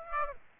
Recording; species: mosquito wingbeat signal from an infrared sensor; Aedes aegypti